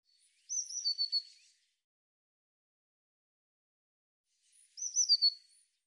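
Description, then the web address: Eurasian blue tit giving two high, thin, quick note series about four seconds apart. Audio was cleaned and normalized. "cianscape birddata Deverinetal 2025 File cleaned normalized Bird Cy Ca"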